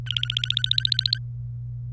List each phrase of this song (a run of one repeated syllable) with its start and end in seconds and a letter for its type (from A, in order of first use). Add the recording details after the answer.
0.06-1.18 A. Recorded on 26 April 2018 at 15:52. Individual llb3